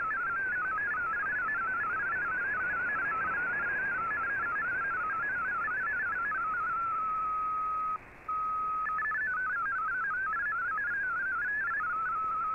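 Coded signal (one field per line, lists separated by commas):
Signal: multi-tone FSK (Olivia or MFSK type)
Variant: MFSK16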